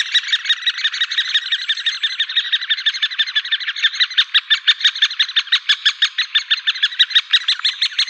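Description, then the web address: Great spotted woodpecker nestlings giving a steady, rapid, unbroken chatter of harsh begging calls, loud and rhythmic throughout. "Schulze Peter Great Spotted Woodpecker nestlings"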